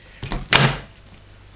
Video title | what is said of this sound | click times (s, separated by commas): Adjusting ski bindings for different boots.wmv | make sure it's locked into place | 0.3 s, 0.6 s